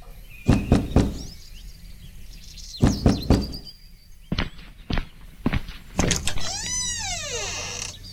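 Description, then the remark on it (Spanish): A boy knocks on the door of a small cabin: two sets of three sharp wooden knocks, then several slower single raps, followed by a high, wavering squeak that glides downward. “Al final del camino, el más pequeño de los hermanos vio a lo lejos una pequeña cabaña y tocó la puerta.”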